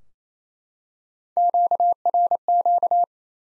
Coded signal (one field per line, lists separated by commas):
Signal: Morse code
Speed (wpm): 28 wpm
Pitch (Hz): 700 Hz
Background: none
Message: QRQ